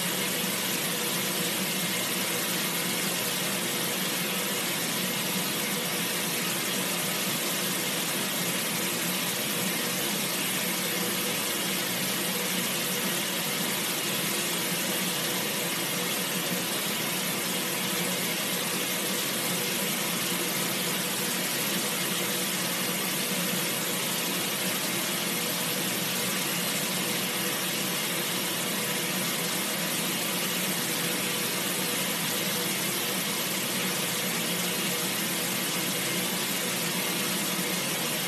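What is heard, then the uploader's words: A washing machine runs with a steady, unbroken hum and whir that stays level for the whole stretch. The sound is dense and even, with a bright hiss on top and little low rumble, and no distinct knocks or pauses stand out. Washing Machine | ASMR RELAX SLEEP MEDITATION.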